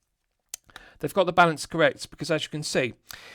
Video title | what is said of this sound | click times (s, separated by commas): Frederique Constant Highlife Worldtime Manufacture FC-718C4NH6 4K Watch Review | it is very easy to open and it snaps shut with a nice positive click. | 0.5 s